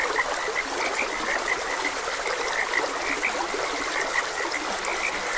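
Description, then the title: Frogs calling in a dense chorus of short repeated chirps, with running water flowing steadily underneath. Frogs croaking beside a gentle stream. "Gentle Stream and Frogs Croaking"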